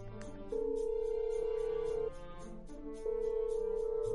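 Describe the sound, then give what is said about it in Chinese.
A satellite phone dialling a number on speakerphone, its ringing tone heard over the speaker: two long, steady mid-pitched buzzing tones separated by a short pause, fairly quiet, with faint background sound and no talking. “他从自己背包里拿出一部卫星电话来，直接免提拨通了胡说的号码。”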